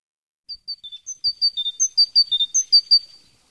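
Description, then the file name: Tit song beginning softly and growing louder: clear, pure notes alternating between high and lower pitches in a brisk, repeating rhythm. "Sonotheque Mesange Radio France"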